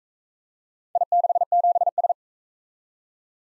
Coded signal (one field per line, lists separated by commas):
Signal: Morse code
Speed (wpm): 44 wpm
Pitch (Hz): 700 Hz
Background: none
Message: I67S